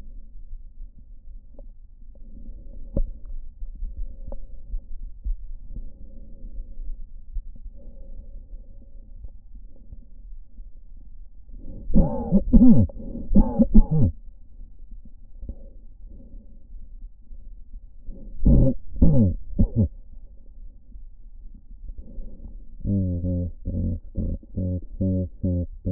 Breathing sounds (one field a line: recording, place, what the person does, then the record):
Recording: lung sounds by stethoscope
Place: right anterior apical chest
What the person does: quiet breathing, then cough and speech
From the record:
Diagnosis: none (healthy)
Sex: male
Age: 34 years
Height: 174 cm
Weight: 93 kg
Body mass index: 30.7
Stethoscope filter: diaphragm mode